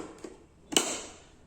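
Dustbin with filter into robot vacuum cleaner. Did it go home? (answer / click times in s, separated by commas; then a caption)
yes / 0.8 s. After its filter is cleaned, the plastic dustbin and filter unit is pushed back into the body of a Mi robot vacuum cleaner. There is a faint tap near 0.2 s, then a sharp click at 0.8 s with a brief ringing tail. The click means the dustbin is seated and connected.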